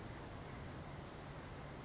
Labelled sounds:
Brown Creeper (Certhia americana)
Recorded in Sonoma County, California

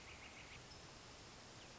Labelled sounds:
Northern Flicker (Colaptes auratus)
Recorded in Sonoma County, California

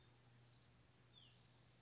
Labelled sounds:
Hutton's Vireo (Vireo huttoni)
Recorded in Sonoma County, California

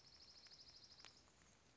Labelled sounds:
Dark-eyed Junco (Junco hyemalis)
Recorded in Sonoma County, California

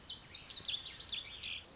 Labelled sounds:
Lazuli Bunting (Passerina amoena)
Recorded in Sonoma County, California

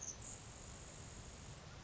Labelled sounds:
Grasshopper Sparrow (Ammodramus savannarum)
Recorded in Sonoma County, California

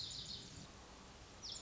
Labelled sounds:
Lazuli Bunting (Passerina amoena)
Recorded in Sonoma County, California

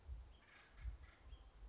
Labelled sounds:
California Towhee (Melozone crissalis)
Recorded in Sonoma County, California

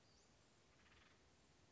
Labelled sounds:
Western Flycatcher (Empidonax difficilis)
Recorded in Sonoma County, California

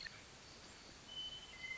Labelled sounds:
Western Meadowlark (Sturnella neglecta)
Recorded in Sonoma County, California

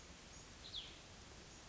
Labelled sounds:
Cassin's Vireo (Vireo cassinii)
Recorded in Sonoma County, California

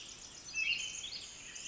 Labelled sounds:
Pacific Wren (Troglodytes pacificus)
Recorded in Sonoma County, California

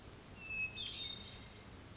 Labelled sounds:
Hermit Thrush (Catharus guttatus)
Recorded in Sonoma County, California

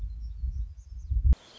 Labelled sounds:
Black-throated Gray Warbler (Setophaga nigrescens)
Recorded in Sonoma County, California

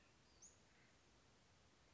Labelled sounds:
Western Flycatcher (Empidonax difficilis)
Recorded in Sonoma County, California

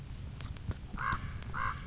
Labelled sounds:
Common Raven (Corvus corax)
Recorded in Sonoma County, California

